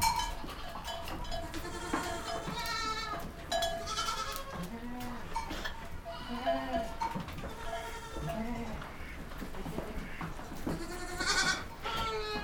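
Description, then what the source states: Goats bleating, many short wavering calls overlapping steadily over background noise. Goats recorded in a goat stable.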